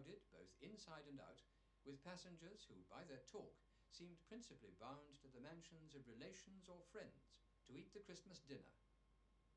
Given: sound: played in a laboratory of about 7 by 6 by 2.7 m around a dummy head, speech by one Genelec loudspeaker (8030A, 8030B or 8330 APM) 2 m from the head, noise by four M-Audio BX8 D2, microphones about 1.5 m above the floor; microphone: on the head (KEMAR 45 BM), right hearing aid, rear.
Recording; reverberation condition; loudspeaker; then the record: male speech in English; low; behind (180 degrees)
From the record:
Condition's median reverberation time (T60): about 310 ms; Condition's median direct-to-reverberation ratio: about 3.5 dB